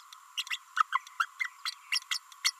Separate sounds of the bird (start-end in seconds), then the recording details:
0.37-0.43, 0.50-0.58, 0.76-0.83, 0.92-0.99, 1.19-1.25, 1.40-1.50, 1.65-1.71, 1.92-1.99, 2.44-2.52. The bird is a female. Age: 30 days. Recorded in a nest box in Venezuela. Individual 17B32A5